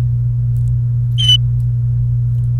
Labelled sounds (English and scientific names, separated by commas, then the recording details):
Domestic Canary (Serinus canaria) song
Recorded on 28 April 2018 at 14:11
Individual llb3